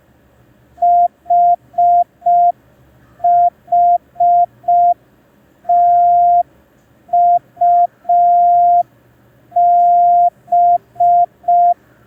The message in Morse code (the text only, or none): HHTUB